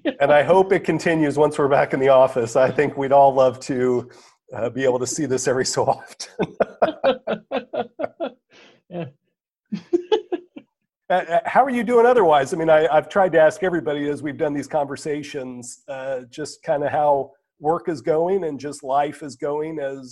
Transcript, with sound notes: And I hope it continues once we’re back in the office, I think we’d all love to be able to see this every so often. [laughter] How are you doing otherwise? I’ve tried to ask everybody as we’ve done these conversations, just kinda how work is going and just life is going